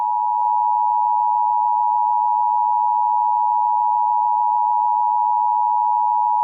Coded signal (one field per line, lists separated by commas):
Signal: Emergency Alert System (SAME) tones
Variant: 853 and 960 Hz attention tone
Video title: EAS scenario 22 (MEGA): Herobrine 5: it all ends here